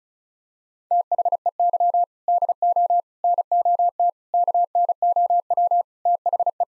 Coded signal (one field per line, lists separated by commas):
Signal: Morse code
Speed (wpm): 36 wpm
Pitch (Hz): 700 Hz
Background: none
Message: THEY DO NOT KNOW THE